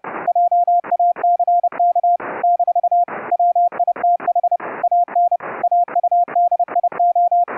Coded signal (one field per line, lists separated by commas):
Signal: Morse code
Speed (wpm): 30 wpm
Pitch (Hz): 700 Hz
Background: none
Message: JACK - WITH AN AUDIO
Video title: Remote Rig setup for a Windows 10 laptop to key CW(afcw) on an Elecraft K3S::Raspberry PI interface